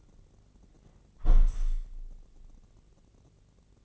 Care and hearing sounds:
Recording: daily activity, microphone in the room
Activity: close window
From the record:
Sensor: 4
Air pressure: 1013.0 hPa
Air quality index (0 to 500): 165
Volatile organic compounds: 2 ppm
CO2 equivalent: 1044 ppm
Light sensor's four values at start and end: 43/105/43/44 and 45/112/46/47

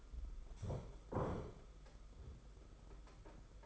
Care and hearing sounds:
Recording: daily activity, microphone in the room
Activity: stand up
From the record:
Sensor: 5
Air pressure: 991.9 hPa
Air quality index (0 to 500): 143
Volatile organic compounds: 132 ppm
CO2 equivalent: 3940 ppm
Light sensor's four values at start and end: 32/108/40/43 and 32/108/40/43

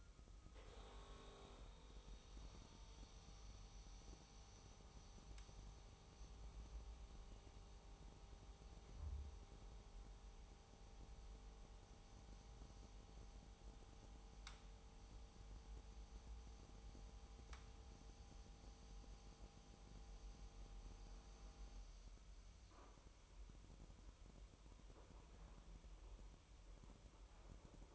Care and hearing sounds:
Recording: daily activity, microphone in the room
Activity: make coffee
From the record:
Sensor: 1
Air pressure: 988.4 hPa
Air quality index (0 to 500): 197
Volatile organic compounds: 964 ppm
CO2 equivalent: 5253 ppm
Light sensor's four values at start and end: 26/96/36/38 and 26/96/36/38

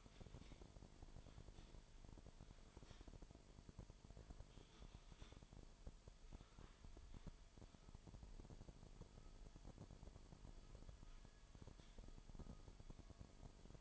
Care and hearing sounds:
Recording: daily activity, microphone in the room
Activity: typing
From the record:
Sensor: 5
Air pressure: 1002.1 hPa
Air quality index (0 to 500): 228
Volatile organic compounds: 30 ppm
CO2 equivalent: 2960 ppm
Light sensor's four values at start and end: 10/24/10/11 and 10/24/10/11

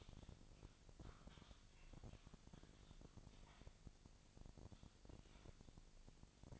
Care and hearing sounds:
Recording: daily activity, microphone in the room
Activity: typing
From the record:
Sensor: 5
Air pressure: 999.3 hPa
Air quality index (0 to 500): 229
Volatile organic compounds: 24 ppm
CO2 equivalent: 2798 ppm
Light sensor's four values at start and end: 34/79/31/30 and 34/79/31/30

